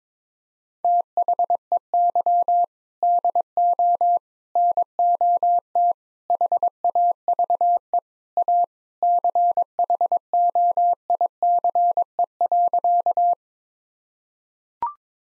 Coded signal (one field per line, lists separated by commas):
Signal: Morse code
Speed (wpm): 22 wpm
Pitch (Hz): 700 Hz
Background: none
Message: THEY DO NOT HAVE A CHOICE.